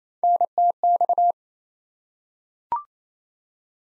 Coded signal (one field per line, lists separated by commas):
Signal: Morse code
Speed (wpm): 28 wpm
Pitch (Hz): 700 Hz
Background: none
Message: NTX